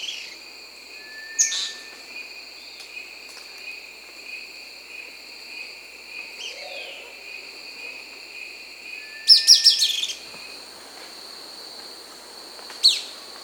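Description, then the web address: Round-tailed manakin giving a few sharp, high buzzy bursts and clicks, a cluster near the end of the first ten seconds, over a steady, high drone. South America. "Natures Songs S America Round-tailed Manakin"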